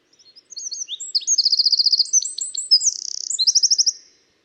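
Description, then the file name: Eurasian wren song, a rapid burst of high, sharp notes and fast metallic trills, with a buzzy rattle in the middle, lasting about three and a half seconds. "Troglodytes troglodytes"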